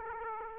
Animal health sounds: mosquito wingbeat signal from an infrared sensor; Aedes aegypti

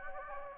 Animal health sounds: mosquito wingbeat signal from an infrared sensor; Anopheles gambiae

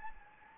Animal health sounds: mosquito wingbeat signal from an infrared sensor; Anopheles gambiae

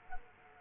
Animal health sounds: mosquito wingbeat signal from an infrared sensor; Culex quinquefasciatus

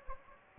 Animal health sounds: mosquito wingbeat signal from an infrared sensor; Anopheles gambiae

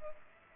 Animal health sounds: mosquito wingbeat signal from an infrared sensor; Culex pipiens

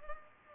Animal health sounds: mosquito wingbeat signal from an infrared sensor; Culex pipiens

